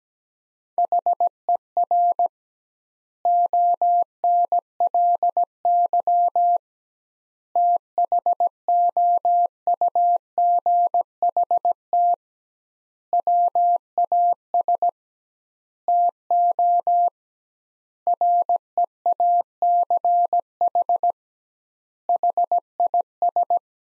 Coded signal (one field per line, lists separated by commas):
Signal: Morse code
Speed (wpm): 17 wpm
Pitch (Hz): 700 Hz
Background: none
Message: HER ONLY THOUGHT WAS TO REACH HIS